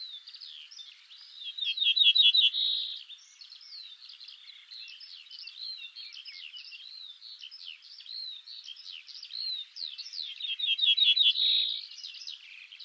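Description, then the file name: Ortolan bunting song: two loud phrases of several quick, evenly spaced notes, each ending on a steady tone, amid continuous busy twittering. "Bruant ortolan"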